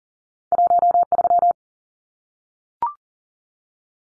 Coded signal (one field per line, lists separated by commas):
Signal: Morse code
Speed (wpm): 40 wpm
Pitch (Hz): 700 Hz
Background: none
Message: 13